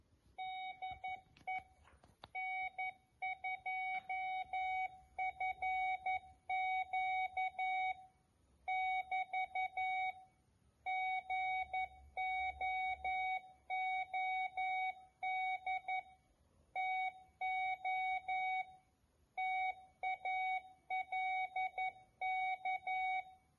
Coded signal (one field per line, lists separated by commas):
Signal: Morse code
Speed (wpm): 11 wpm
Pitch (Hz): 750 Hz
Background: none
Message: DE N2FQ <BT> GOOD TO TALK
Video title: Morse Code Reader / CW Decoder manufactured by JASON SYSTEMS 3695, Sector 23, Gurugram